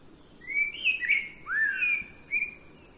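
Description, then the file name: Eurasian blackbird giving several smooth whistled notes, one dipping low then rising, in a relaxed fluty sequence with faint background hum. "Turdus merula"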